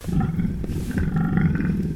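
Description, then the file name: Domestic pig grumbling: a low, rough rumble of grunts running almost unbroken throughout. Landrace pig grumbling inside. "ANIMAL PIG LANDRACE EDGAR"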